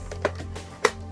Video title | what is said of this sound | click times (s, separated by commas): how to clean a PS4 Slim | you hear everything snap and your Gucci | 0.2 s, 0.9 s